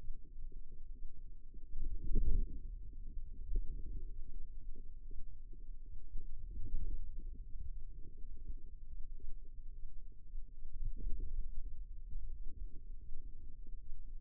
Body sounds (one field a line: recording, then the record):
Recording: forearm muscle sounds (acoustic myography)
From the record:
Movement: wrist flexion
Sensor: system 2, bracelet of six BSWA MPA416 microphones around the upper forearm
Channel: 3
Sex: female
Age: 22 years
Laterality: right